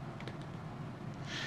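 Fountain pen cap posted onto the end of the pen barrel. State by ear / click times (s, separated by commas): seated / 0.2 s, 0.3 s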